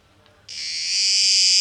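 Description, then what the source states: Cicada song: near silence, then a sudden high buzzing drone switches on and swells louder before holding steady. Cicadas recorded 12 August 2023; tape echo mix.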